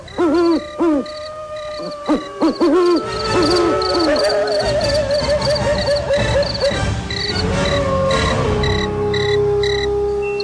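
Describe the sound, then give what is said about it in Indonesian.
An owl perched on the ridge of a house roof hoots in quick bursts of low, repeated notes, then shifts to longer wavering calls, while a thin, steady high-pitched buzz like night insects runs underneath throughout. “Tanda-tanda kedatangannya diawali dengan terdengarnya suara burung hantu bertengger di atas bumbungan atap rumah.”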